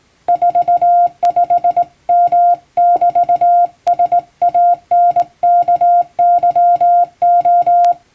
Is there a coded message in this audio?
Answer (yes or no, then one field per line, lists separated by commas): yes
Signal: Morse code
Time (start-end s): 0.3-7.9 s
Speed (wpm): 19 wpm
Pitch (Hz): 700 Hz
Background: music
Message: 45M<BT>SANKYO